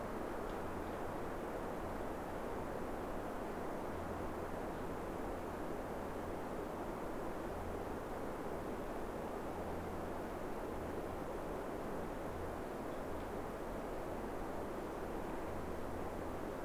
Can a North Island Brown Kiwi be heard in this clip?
no